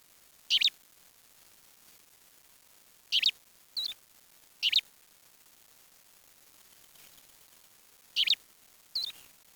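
Bird calls: short, sharp, high chirps come in separate bursts, some in pairs, spaced irregularly over several seconds with silence between.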